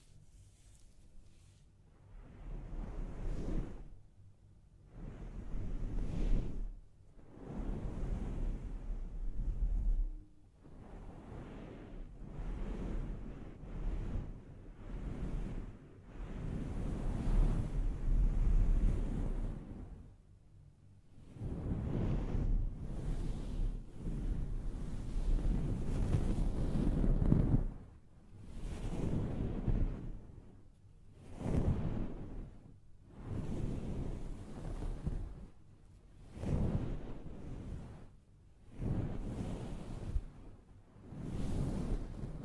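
Scalp massage during a hair wash: dense, rustling rubbing that swells and fades in uneven waves every second or two, with brief quiet gaps between strokes. The sound sits mostly low and muffled, over a faint steady hum underneath.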